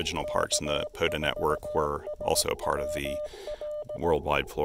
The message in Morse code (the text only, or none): K4SWL E